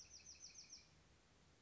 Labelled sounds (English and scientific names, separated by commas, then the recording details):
Bewick's Wren (Thryomanes bewickii)
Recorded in Sonoma County, California